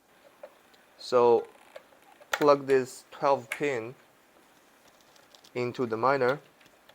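A 12-pin power connector from a power brick is being handled near the socket on a small iPollo V1 mini crypto miner (300M or Classic Plus 280M) while someone talks. A few faint, short ticks are heard around 0.4, 5.2 and 5.4 seconds. The plug has not yet seated or clicked.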